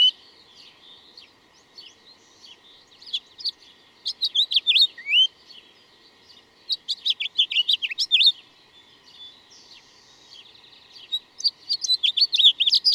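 Bird song: repeated bursts of quick, high chirps and twittering, the phrases separated by short quiet gaps, busier toward the middle and end.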